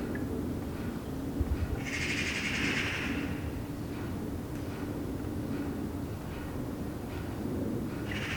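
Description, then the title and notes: Eurasian magpie chatter, one harsh rattling burst lasting about a second, another beginning at the end, with soft taps and low hum beneath. Several magpies chattering in a tree, heard from a balcony in Saint-Gilles, Belgium, on a Sunday morning, with water drops falling regularly; recorded on a Sony PCM-D100. "Saint-Gilles, Belgique - Magpies. Dimanche matin sur le balcon. Des pies jacassent dans un arbre. Sunday morning on the balcony. Magpies chattering in a tree"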